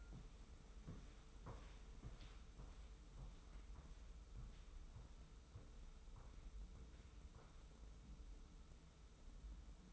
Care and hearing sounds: daily activity, microphone in the room; walk to room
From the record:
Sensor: 1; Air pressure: 994.3 hPa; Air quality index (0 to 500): 220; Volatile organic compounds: 1000 ppm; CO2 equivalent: 7864 ppm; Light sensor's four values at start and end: 64/144/63/66 and 64/143/63/66

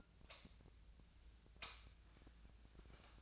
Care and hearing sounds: daily activity, microphone in the room; light on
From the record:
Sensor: 2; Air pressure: 1009.6 hPa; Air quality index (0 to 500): 181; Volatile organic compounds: 10 ppm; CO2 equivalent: 2254 ppm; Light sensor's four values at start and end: 27/66/29/31 and 32/84/36/38

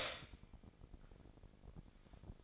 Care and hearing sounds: daily activity, microphone in the room; stop toaster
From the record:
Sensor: 5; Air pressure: 1007.3 hPa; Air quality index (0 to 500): 128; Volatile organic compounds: 1 ppm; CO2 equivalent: 974 ppm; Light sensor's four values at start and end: 25/57/23/24 and 25/57/23/24

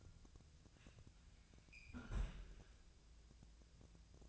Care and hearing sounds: daily activity, microphone in the room; close fridge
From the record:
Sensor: 2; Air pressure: 999.9 hPa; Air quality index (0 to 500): 124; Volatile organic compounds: 2 ppm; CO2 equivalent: 1063 ppm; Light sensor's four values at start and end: 24/61/26/29 and 25/62/26/29

